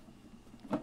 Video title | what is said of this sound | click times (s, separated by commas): I love the Gryphon Bandsaw: Model C-40 Diamond blade 42" | and locked into place and now it's ready to go | 0.7 s